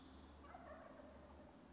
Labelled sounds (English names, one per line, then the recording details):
Wild Turkey
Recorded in Sonoma County, California